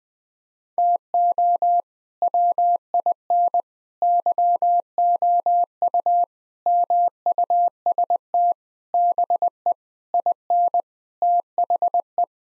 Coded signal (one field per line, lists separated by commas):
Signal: Morse code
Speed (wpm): 19 wpm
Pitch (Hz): 700 Hz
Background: none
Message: TO WIN YOU MUST BE IN THE